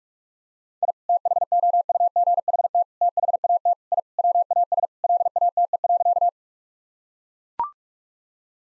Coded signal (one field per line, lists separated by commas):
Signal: Morse code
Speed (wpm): 41 wpm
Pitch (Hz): 700 Hz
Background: none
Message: I THOUGHT THAT I WAS LATE.